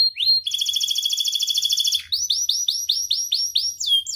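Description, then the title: Atlantic canary singing a brief upslurred note, a long rattling trill of rapid pulses, then a quick string of repeated sweeping notes. Actively singing canary ('kenari gacor') with its best 'cengkok' ornamented phrasing and richest 'isian' fill-in material, from Indonesian songbird-keeping hobby (kicaumania) circles. "Kenari Gacor Cengkok Terbaik Isian Paling Mewah Kenarigacor Kicaumania Kenari"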